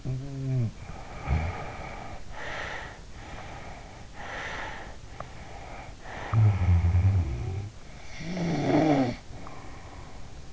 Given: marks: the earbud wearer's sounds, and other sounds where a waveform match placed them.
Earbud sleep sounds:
sounds in sleep by an in-ear microphone; snoring breath, breath
0.00-3.02 s: snoring breath
3.16-5.11 s: breath
5.26-7.99 s: snoring breath
8.14-10.53 s: snoring breath

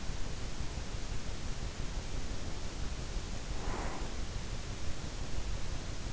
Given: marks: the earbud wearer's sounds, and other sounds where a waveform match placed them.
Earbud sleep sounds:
sounds in sleep by an in-ear microphone; breath
1.86-4.33 s: breath

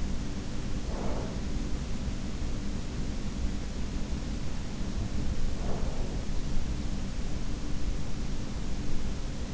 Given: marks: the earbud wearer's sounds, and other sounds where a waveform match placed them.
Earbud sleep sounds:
sounds in sleep by an in-ear microphone; breath
0.00-1.62 s: breath
4.84-6.43 s: breath

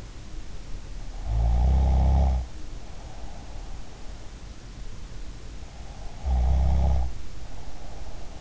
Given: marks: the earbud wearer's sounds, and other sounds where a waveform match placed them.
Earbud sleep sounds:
sounds in sleep by an in-ear microphone; snoring breath
1.11-3.73 s: snoring breath
6.02-8.41 s: snoring breath

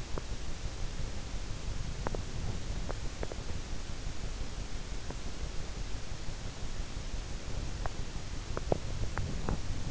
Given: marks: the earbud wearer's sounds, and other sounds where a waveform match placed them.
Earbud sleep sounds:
sounds in sleep by an in-ear microphone; teeth grinding
0.00-0.33 s: teeth grinding
1.94-2.30 s: teeth grinding
2.80-3.49 s: teeth grinding
8.42-9.66 s: teeth grinding

